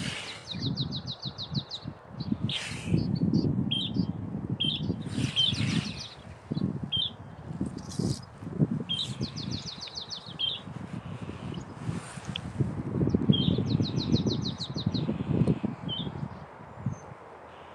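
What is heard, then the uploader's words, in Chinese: Marsh tit calls come in short, rapid buzzy trills, repeated every few seconds through the clip, with brief high chips in between. Underneath, a constant low rumble swells and fades, loudest around three and thirteen seconds. 声音实录 沼泽山雀的叫声。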